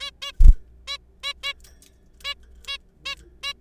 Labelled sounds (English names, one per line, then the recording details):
Zebra Finch
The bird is a juvenile
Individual R3428